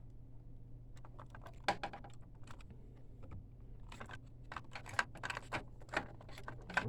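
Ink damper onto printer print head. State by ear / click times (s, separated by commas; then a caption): not seated / none. A plastic ink damper for the yellow channel, first from the left, is being pressed onto the print head of a DTF-converted L1800 printer. Quick, light plastic taps and rattles come through, with sharper knocks around 1.7, 5.0, 6.0 and 6.8 seconds. The damper has not clicked into place yet, so it is not confirmed seated.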